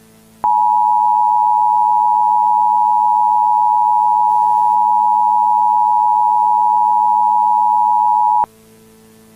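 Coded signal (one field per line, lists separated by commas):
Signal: Emergency Alert System (SAME) tones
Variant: 853 and 960 Hz attention tone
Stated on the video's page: Recreated Law Enforcement Warning for I-5 closures in Northern California, using valid EAS tones.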